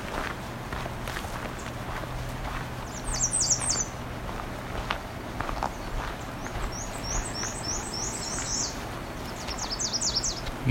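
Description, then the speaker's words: American Redstart song: brief high-pitched warbled phrases, each a quick series of thin notes lasting one to two seconds, repeated at intervals amid footsteps and low rumble. Variations of song: short warbles lasting no more than a couple seconds, longer ones slower, sometimes with an upward or downward inflection on the last note; near a shore among cedars. "They tend to be short warble. Don't last more than a couple seconds."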